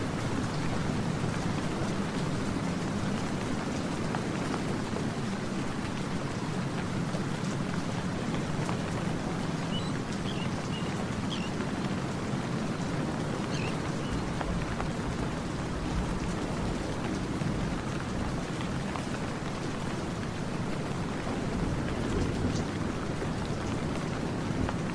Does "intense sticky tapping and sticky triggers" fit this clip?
no